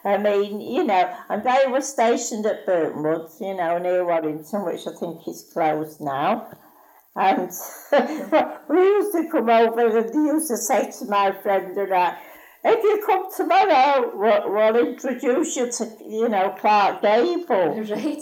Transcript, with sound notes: I mean you know, and they were stationed at Burtonwood, you know near Warrington, which I think is closed now. And [laughs] we used to come over and they used to say to my friend and I, if you come tomorrow we'll introduce you to, you know, Clark Gable.